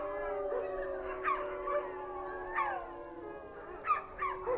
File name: Wolves Howling Wolf Howling